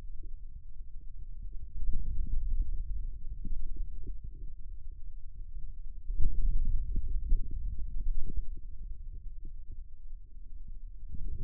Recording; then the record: forearm muscle sounds (acoustic myography)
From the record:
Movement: finger pinch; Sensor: system 2, bracelet of six BSWA MPA416 microphones around the upper forearm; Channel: 6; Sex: male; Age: 22 years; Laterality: right